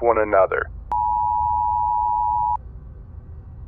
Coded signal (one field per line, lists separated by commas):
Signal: Emergency Alert System (SAME) tones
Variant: 853 and 960 Hz attention tone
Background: speech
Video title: You're listening to the radio... during a zombie apocalypse